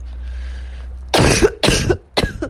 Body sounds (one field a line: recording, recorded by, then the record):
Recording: voluntary cough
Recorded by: messaging app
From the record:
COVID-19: positive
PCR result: self-reported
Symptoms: yes